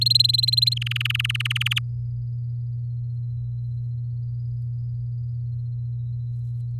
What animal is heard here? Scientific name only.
Serinus canaria